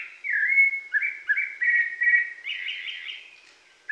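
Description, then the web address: Rufous-bellied thrush song: a few clear whistled notes stepping in pitch, followed by a softer, buzzier trill that fades out. Pantanal, Brazil. "sescpantanal. Sabia laranjeira"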